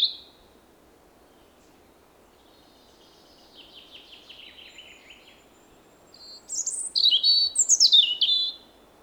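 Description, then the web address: European robin song: a brief high note, a quiet buzzy trill midway, then a loud tumbling run of sharp whistles and descending slurs. "SETE Erithacus rubecula"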